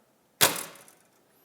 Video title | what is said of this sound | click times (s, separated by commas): How to Embroider a Hat with BAi THE VISION Embroidery Machine for Beginners | when you hear the click that'll be okay | 0.9 s